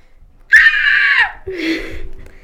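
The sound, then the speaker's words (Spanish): A loud, shrill scream holds high for nearly a second before its pitch sags, then a lower, wavering wail follows and trails off. “entonces bajó abajo a la cocina y escuchó un sonido y de pronto se escuchó un grito.”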